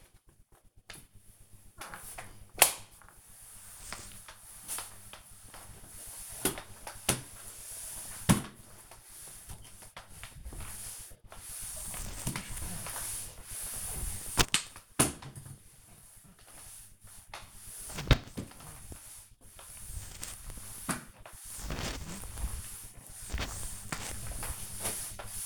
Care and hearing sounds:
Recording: household activities, microphone on the right wrist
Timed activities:
0.00-25.46 s: floor cleaning

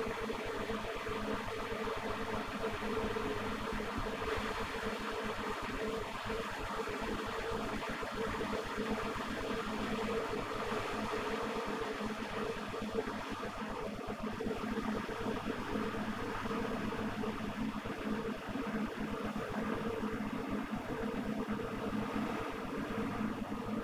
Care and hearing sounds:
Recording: household activities, microphone on the right wrist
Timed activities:
0.00-23.84 s: making tea

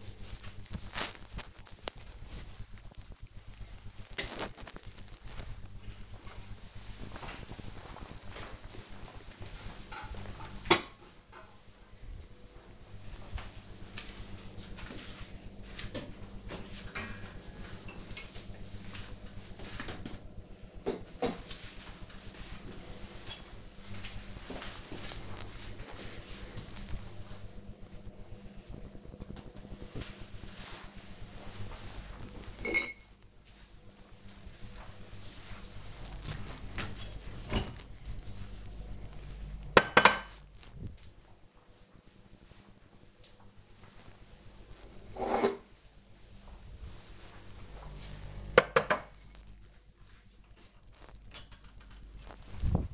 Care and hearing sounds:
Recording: household activities, microphone on the right wrist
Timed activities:
28.43-52.93 s: putting away the dishes

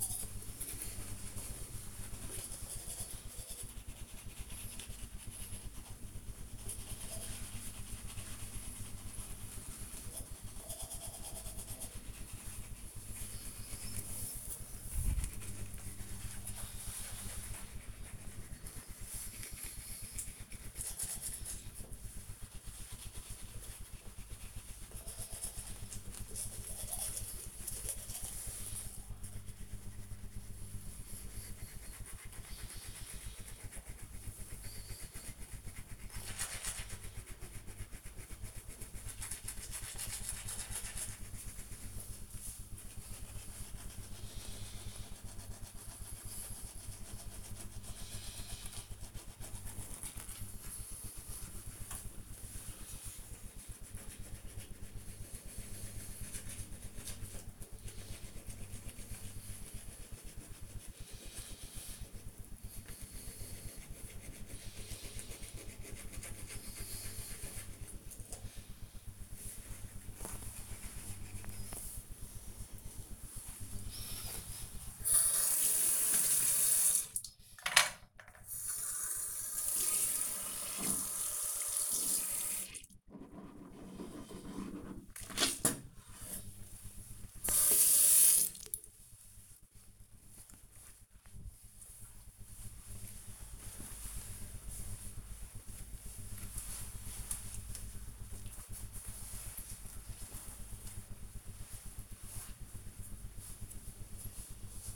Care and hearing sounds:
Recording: household activities, microphone on the right wrist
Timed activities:
0.00-77.99 s: brushing teeth

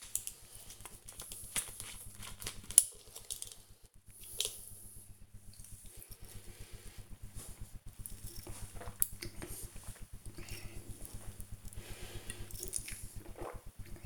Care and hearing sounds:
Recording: household activities, microphone on the right wrist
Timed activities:
0.00-14.06 s: drinking

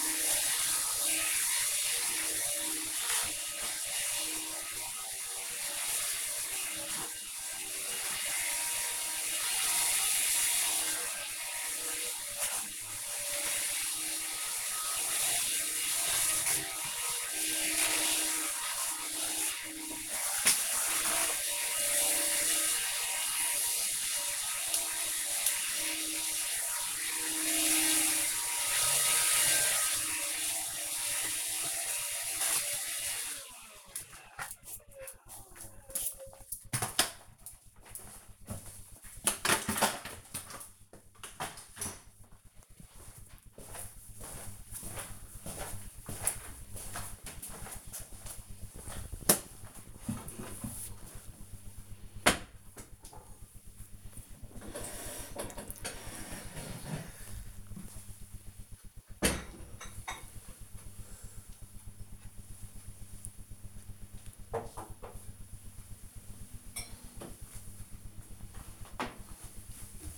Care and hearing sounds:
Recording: household activities, microphone on the right wrist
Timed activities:
0.00-33.51 s: vacuum cleaning

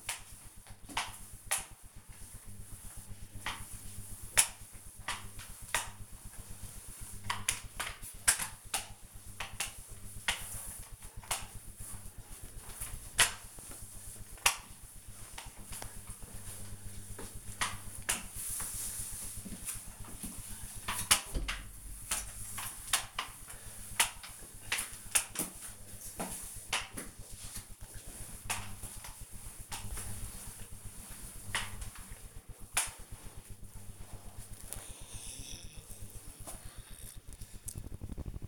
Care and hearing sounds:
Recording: household activities, microphone on the right wrist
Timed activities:
0.00-34.47 s: floor cleaning

